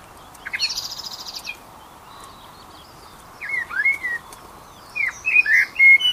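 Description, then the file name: Eurasian blackbird with a brief high chatter, then short whistled, warbling phrases rising and falling, over steady low background noise. "Turdus merula"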